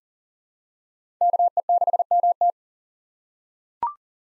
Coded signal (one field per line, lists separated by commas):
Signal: Morse code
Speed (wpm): 40 wpm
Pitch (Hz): 700 Hz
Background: none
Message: KE6MT